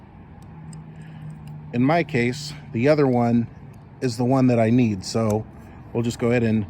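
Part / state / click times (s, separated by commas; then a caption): plastic adapter into wiper blade fitting / seated / 0.7 s. A plastic adapter is popped into a rear windshield wiper blade fitting and snaps into place with a short click at 0.7 s. A fainter sound follows at 1.5 s, and then someone talks over a low steady hum.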